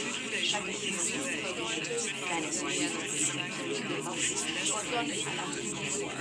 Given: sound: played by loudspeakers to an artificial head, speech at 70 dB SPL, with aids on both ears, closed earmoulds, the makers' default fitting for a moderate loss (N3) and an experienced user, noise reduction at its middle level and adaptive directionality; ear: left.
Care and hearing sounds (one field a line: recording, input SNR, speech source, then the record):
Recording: speech test signal (ISTS) in cocktail-party noise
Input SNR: -6 dB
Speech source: on the right (90 degrees)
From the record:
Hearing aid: class 2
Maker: E